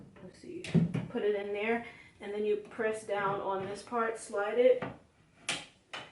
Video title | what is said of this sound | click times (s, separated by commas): TEMU TV Stand & Storage Review *Build With Me* ONLY $70 😱 | and then when you hear it snap | 5.5 s